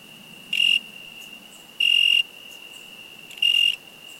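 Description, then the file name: Cricket chirping: three loud, high, ringing chirps about a second and a half apart over a faint steady high-pitched drone. "Cricket insect"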